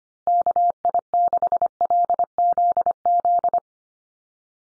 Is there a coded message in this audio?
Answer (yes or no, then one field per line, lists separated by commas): yes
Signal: Morse code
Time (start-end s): 0.3-3.6 s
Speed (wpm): 25 wpm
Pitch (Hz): 700 Hz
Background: none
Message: KI6LZZ